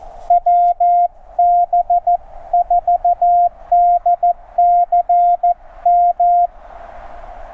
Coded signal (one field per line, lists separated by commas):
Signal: Morse code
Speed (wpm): 14 wpm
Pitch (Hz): 700 Hz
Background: none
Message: WB4DCM